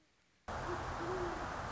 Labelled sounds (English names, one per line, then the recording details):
Great Horned Owl
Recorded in Sonoma County, California